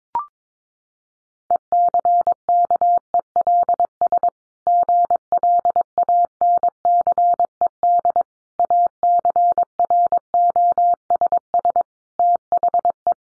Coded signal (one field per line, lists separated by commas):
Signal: Morse code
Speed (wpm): 22 wpm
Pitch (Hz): 700 Hz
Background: none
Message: ECKELS GLANCED ACROSS THE